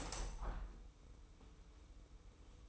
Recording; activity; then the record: daily activity, microphone in the room; open window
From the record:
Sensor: 1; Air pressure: 990.3 hPa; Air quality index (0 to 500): 173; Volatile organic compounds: 1000 ppm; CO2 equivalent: 6345 ppm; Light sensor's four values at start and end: 21/47/20/22 and 22/49/21/23